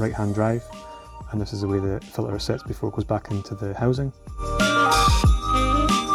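A filter is held and lined up the way it sits before being pushed back into its housing while someone talks and background music plays. Nothing has clicked or seated yet.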